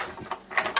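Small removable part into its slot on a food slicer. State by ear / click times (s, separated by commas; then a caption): seated / 0.8 s. A small removable part of a Waring food slicer is set into its slot and pushed forward, with brief knocks and scrapes at about 0.3 s and 0.6 s. It latches with a sharp click at 0.8 s and is seated.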